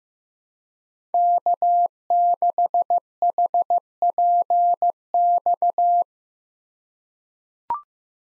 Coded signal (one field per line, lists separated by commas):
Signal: Morse code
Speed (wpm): 15 wpm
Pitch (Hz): 700 Hz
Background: none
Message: K6HPX